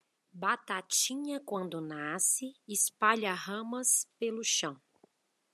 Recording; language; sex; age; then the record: short text; Brazilian Portuguese; female; 30 to 39 years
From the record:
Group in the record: control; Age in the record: 39 years